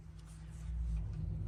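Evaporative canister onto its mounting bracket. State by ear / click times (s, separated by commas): not seated / none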